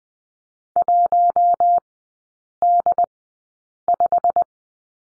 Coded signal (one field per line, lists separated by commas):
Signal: Morse code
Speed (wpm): 20 wpm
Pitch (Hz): 700 Hz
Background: none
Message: 1D5